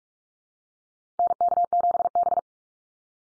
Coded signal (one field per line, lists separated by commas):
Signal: Morse code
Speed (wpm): 44 wpm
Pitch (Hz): 700 Hz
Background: none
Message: NK7B